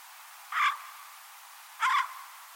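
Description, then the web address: Bird giving two short, harsh, hoarse notes just over a second apart, over a faint steady hiss. "Deverinetal 2025 File origin Bird Only"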